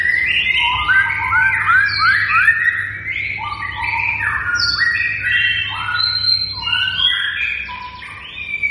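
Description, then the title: White-rumped shama song: energetic jumble of rising whistles and harsh chattering notes, continuous and varied, with a faint low hum underneath. Bird in full vigorous song; lure recording meant to draw a response from other shamas. "MURAI BATU GACOR"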